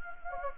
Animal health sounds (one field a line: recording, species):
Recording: mosquito wingbeat signal from an infrared sensor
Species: Anopheles gambiae